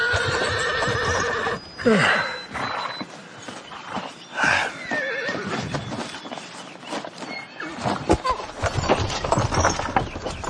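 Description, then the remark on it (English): A limping horse whinnies loudly, its high wavering neighs rising and falling, while its hooves clop and stamp in an uneven rhythm throughout as someone checks its hooves. “you don't have to lift the entire horse to check the hooves.”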